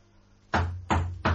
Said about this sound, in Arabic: يا حلوين افتحوا الباب. دول حيكسروا الباب يا عم الشيخ. يكسروه، خليك في حالك واسكت.